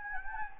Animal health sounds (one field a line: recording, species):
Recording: mosquito wingbeat signal from an infrared sensor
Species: Anopheles gambiae